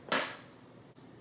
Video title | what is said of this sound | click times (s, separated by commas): Samsung JET BOT + Robot Vacuum w/ Self Empty Bin Clean Station - Unboxing and Information | Just pops right in like any other robot vacuum. | 0.1 s